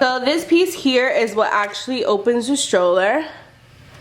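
Someone talks while handling the frame fold latch of a folded Uppababy Cruz V2 stroller, the piece that opens the stroller and that clicks when latched closed so you know it's closed. The talking fills most of the clip and then fades to near silence. Nothing has seated or clicked yet.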